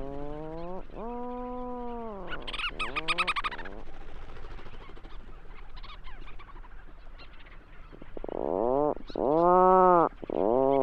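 Leach's storm-petrel gives nasal, arched harmonic calls in short runs, broken by a higher rasping burst, then a louder rapid sequence of rising and falling notes near the end.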